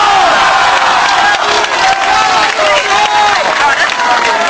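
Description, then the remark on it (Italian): A loud crowd at a rally against the high-speed railway in Val Susa applauds and cheers steadily, in thanks to the mayor of Venaus, dense clapping mixed with shouting voices and whistles, sustained without a break for several seconds. “Ebbene, vorrei un grosso applauso e un grosso sarà dura per lui!”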